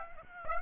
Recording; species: mosquito wingbeat signal from an infrared sensor; Aedes aegypti